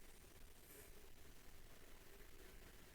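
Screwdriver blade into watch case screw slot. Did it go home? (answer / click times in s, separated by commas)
no / none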